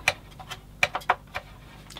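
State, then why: Seated. A plastic part is slid temporarily onto the hull of a 1/16 scale TAKOM M10 IIC Achilles British tank destroyer model kit. Several sharp plastic ticks and taps are heard, with the loudest snap at 0.8 s as the part clicks into place and seats.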